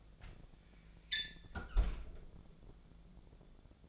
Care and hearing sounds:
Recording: daily activity, microphone in the room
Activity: close fridge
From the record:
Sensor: 5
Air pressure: 1000.2 hPa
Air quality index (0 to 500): 106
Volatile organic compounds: 1 ppm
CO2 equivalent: 856 ppm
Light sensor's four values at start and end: 220/525/223/243 and 219/521/221/241

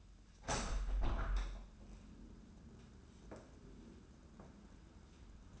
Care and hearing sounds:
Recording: daily activity, microphone in the room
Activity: open window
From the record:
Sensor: 2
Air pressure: 994.2 hPa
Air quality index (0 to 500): 209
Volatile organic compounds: 1000 ppm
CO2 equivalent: 6946 ppm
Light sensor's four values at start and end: 66/155/64/63 and 74/170/71/71

